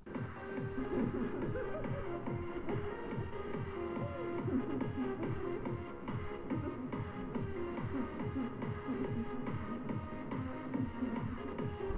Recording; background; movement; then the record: laughter; music; sitting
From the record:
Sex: female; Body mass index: 36.4 kg/m2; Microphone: on the chest, facing the body